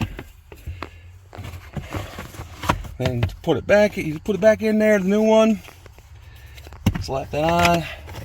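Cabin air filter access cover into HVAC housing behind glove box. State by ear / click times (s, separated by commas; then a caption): not seated / none. Someone talks while handling the plastic cabin air filter access cover on a 2018 Toyota Highlander, after the new cabin air filter has been slid into the HVAC housing behind the glove box. Light handling clicks and taps are heard around the speech. Nothing has seated or clicked yet; the clip ends just before the cover goes home.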